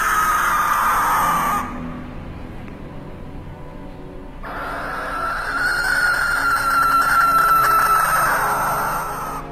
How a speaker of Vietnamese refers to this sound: Bỗng đâu đó có tiếng gì đó, ấy là tiếng con chim lợn vang lên lanh lảnh ở đầu nhà, làm tôi giật mình.